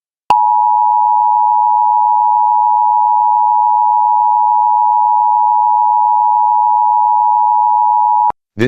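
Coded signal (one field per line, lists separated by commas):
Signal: Emergency Alert System (SAME) tones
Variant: 853 and 960 Hz attention tone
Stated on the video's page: Real US alerts: severe thunderstorm, tornado and flash flood emergency warnings plus required monthly and weekly tests.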